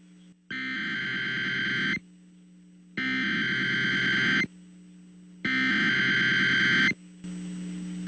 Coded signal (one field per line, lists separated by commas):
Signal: Emergency Alert System (SAME) tones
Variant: header bursts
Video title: An Unusual EAS Message from Albany, GA || 4-15-18